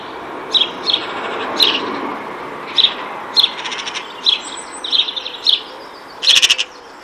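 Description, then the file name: House sparrow chirps, short bright notes repeated at irregular intervals, ending in a louder burst of chirping. "Passer domesticus"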